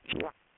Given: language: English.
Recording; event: throat vibration sensor signal played as sound; swallow